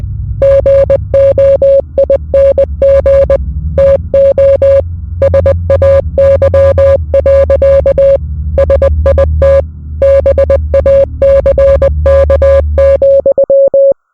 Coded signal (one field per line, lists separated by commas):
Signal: Morse code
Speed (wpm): 20 wpm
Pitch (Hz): 550 Hz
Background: music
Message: GOING TO SAY. SIT BACK,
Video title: The Time We Drank Ipecac at Ipecac Records or Learn Your Name In Morse Code (part 1 of 4)